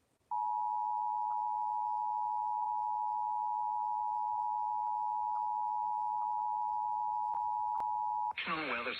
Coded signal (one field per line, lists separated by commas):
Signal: Emergency Alert System (SAME) tones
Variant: 853 and 960 Hz attention tone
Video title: EAS Severe T’storm Warning #25 3/14/25 (Credit Goes To @SouthernPennsylvaniaWX & @KanawhaCountyWX)